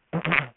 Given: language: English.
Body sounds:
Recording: throat vibration sensor signal played as sound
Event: throat clearing

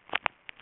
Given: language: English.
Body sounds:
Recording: throat vibration sensor signal played as sound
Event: swallow

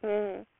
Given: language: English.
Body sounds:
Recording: throat vibration sensor signal played as sound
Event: speech

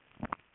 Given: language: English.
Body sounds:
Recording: throat vibration sensor signal played as sound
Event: swallow

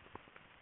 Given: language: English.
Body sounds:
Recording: throat vibration sensor signal played as sound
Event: swallow

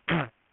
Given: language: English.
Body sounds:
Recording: throat vibration sensor signal played as sound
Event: throat clearing

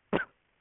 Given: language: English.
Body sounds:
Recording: throat vibration sensor signal played as sound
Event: cough

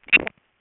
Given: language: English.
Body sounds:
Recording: throat vibration sensor signal played as sound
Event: swallow

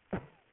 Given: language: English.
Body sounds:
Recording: throat vibration sensor signal played as sound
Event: cough

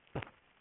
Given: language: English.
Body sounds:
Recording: throat vibration sensor signal played as sound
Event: cough

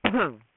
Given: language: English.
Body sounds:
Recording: throat vibration sensor signal played as sound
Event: cough

